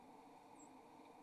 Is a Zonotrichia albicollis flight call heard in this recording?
yes